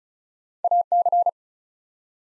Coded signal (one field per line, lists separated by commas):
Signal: Morse code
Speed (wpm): 36 wpm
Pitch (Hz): 700 Hz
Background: none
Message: AC